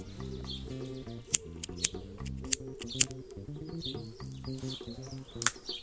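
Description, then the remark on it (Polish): A lighter is flicked repeatedly to relight a cigarette that went out, a handful of sharp, irregular clicks and scrapes sounding over a steady, low, droning musical background with no voices. “Zaraz, bo mi tu papieros zgasł, sorry.”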